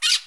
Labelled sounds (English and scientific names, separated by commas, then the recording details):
Brown-throated Parakeet (Eupsittula pertinax) contact call
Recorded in Aruba
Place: Cunucu Arikok, S side of Ceru Arikok
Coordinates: 12.502, -69.950